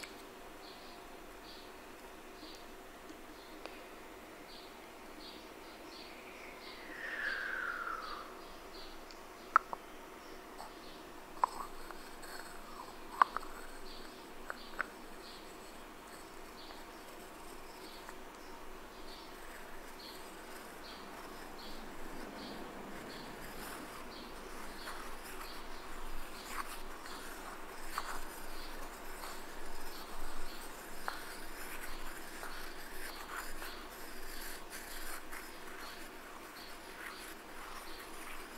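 Scratching and tapping over a low, steady hiss. A few sharp taps land around nine to thirteen seconds, with a brief rising squeak near eight seconds. From about twenty-two seconds the scratching grows denser and rougher, continuing irregularly to the end.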